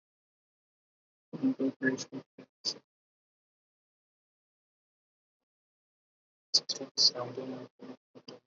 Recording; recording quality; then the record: counting at a normal pace; poor, much background noise or distortion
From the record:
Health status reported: healthy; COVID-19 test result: negative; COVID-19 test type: RT-PCR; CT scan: not taken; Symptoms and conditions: fever, muscle pain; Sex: female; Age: 45 years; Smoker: no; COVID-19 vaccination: both doses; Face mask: worn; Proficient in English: yes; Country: India